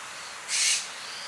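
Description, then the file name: Steller's jay giving a single short, harsh, rasping note, with a faint hiss in the background. "Cyanocitta stelleri - Steller's Jay"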